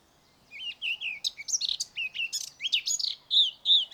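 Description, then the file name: Eurasian blackcap song, a fast rich warble of varied whistled and chattering notes, rising and falling, running for about three and a half seconds without a pause. "Sylvia atricapilla"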